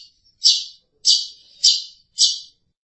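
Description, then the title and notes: Long-tailed Shrike giving four separate harsh, buzzy notes spaced about half a second apart. "Pentet 201703. Suara burung pentet"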